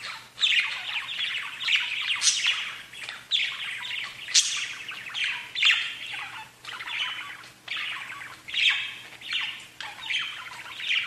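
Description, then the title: Budgerigar warbling chatter, continuous scratchy twittering punctuated by shrill high notes at irregular intervals, over a low steady hum. "Budgie Sounds"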